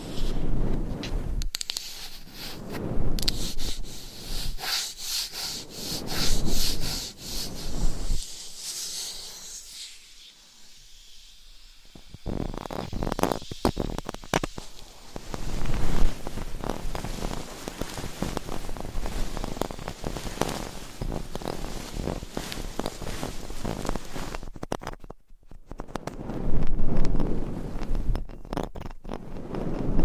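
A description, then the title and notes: Dense scratching and brushing across a microphone, with rough rubbing strokes that rise and fall in rapid bursts. The sound thins to a soft hush around ten seconds and drops out briefly near twenty-five seconds before the scratching resumes loudly. Binaural Mic Scratching , Massage ,Tapping & Brushing. No Talking.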